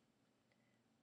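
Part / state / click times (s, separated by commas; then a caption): stethoscope chestpiece head turning on its stem / not seated / none. A two-sided stethoscope chestpiece head is turned on its stem to engage one side, giving quiet handling noise with a couple of faint, brief high blips. The chestpiece has not clicked into its engaged side yet.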